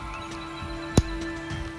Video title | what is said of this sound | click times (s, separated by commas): ULTIMATE Jurassic World Fallen Kingdom, Dominion Dinosaur Collection! NEW TREX, I REX, Raptors Haul | And it clicks right in there. | 1.0 s